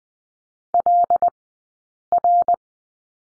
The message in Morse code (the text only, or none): LR